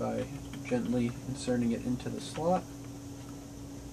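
A new RAM module is gently slid edge-first into the memory slot of a MacBook Pro laptop, before being pressed down to latch. Someone talks over a steady low hum. Nothing has seated or clicked yet.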